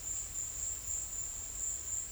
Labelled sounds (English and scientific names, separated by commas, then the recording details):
none
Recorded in secondary vegetation near Puerto Asís, Putumayo, Colombia, on 22 December 2024 at 14:00
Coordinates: 0.488, -76.319
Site GP04